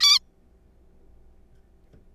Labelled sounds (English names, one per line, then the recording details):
Zebra Finch
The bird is a juvenile
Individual R3428